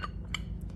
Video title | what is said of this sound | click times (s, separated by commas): Assembling a genesis coupe motor pt.2 (building the head) | you'll hear it click into place | 0.3 s